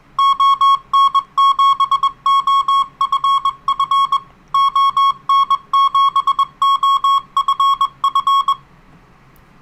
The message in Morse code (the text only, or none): ON7OFF ON7OFF